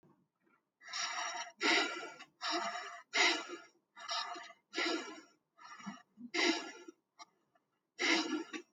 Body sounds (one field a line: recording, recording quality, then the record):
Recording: shallow breathing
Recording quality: excellent, no background noise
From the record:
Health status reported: healthy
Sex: male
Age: 27 years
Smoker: yes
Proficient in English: yes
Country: India